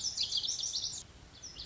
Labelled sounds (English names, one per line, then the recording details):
Lazuli Bunting
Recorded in Sonoma County, California